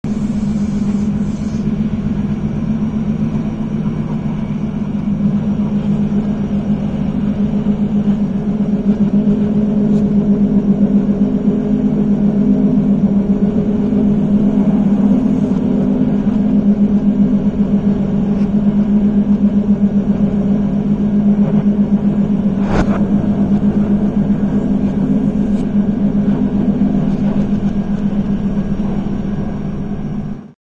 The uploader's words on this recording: Train ride in Austria. On an IC, but it is played back in reverse.